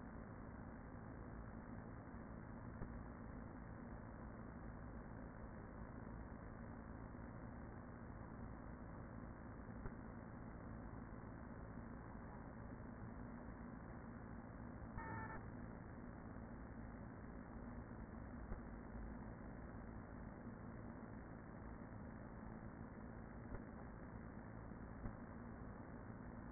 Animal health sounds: honeybee colony, microphone inside the hive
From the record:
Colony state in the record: queen present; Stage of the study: after two queens were removed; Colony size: about 40,000 bees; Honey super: no

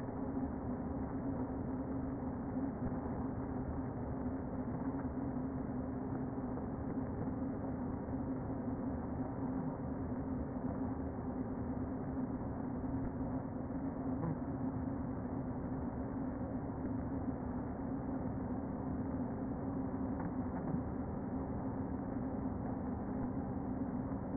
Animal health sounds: honeybee colony, microphone inside the hive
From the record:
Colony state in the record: queen present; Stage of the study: before two queens were removed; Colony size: about 60,000 bees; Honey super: yes

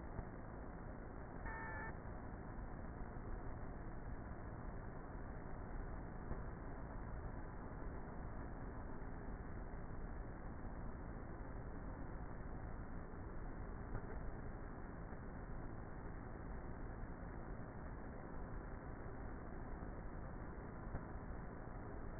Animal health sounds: honeybee colony, microphone inside the hive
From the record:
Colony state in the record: queenless with a low population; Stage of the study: before two queens were removed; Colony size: about 30,000 bees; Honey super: no

